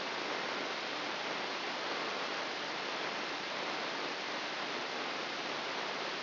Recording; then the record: brain microelectrode recording played as sound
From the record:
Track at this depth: outside the subthalamic nucleus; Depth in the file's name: 6.398 mm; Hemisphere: left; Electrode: 3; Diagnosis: Parkinson's disease